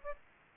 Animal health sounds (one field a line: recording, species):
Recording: mosquito wingbeat signal from an infrared sensor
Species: Aedes albopictus